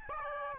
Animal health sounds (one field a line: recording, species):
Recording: mosquito wingbeat signal from an infrared sensor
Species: Aedes albopictus